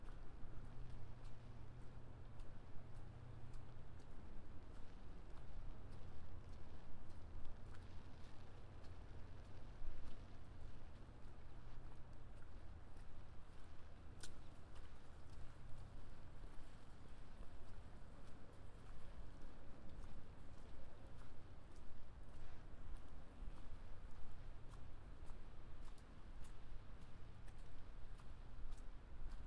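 A binaural recording made on a trip across the city, dominated by a dense, steady low rumble of a moving vehicle that barely changes. Frequent faint ticks and rattles sit above it, with one sharp click about halfway through.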